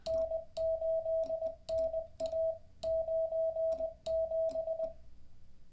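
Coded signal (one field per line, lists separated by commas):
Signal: Morse code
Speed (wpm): 20 wpm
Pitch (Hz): 660 Hz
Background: radio noise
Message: N8NA 97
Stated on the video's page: Live-streamed daily Morse code learning practice session.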